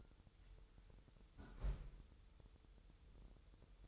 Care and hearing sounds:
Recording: daily activity, microphone in the room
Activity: close fridge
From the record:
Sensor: 3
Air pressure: 988.4 hPa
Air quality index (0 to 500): 194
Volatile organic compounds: 297 ppm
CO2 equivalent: 4475 ppm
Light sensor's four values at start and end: 25/78/33/28 and 25/78/33/28

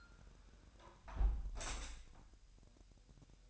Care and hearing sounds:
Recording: daily activity, microphone in the room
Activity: close window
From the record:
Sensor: 2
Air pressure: 1000.2 hPa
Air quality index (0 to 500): 245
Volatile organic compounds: 89 ppm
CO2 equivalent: 3675 ppm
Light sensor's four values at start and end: 9/21/8/8 and 8/20/8/8

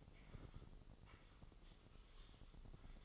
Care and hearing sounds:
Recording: daily activity, microphone in the room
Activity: typing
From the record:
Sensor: 4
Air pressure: 996.0 hPa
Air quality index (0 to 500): 64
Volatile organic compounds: 2 ppm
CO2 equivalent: 1142 ppm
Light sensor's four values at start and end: 14/39/14/14 and 14/39/14/14

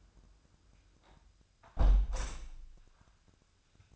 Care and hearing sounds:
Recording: daily activity, microphone in the room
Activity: close window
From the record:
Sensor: 2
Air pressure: 1004.5 hPa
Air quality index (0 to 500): 78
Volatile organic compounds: 1 ppm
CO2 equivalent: 924 ppm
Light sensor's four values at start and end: 5/12/5/5 and 5/12/4/4

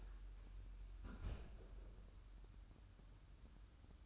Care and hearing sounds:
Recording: daily activity, microphone in the room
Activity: close fridge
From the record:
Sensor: 2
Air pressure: 994.3 hPa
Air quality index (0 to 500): 212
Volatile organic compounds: 1000 ppm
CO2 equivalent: 7012 ppm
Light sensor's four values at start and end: 130/311/132/136 and 130/311/131/136

